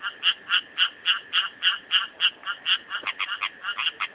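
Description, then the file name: Rocket frog giving rapid repeated rasping notes, steady at first, then quicker and more broken toward the end. "litoria nasuta"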